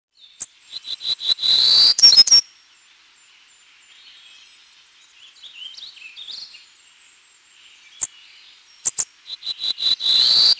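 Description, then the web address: Townsend's Warbler singing two songs, each a quick series of high, buzzy notes, separated by a quiet stretch of faint twitters. "Peterson North American Birds"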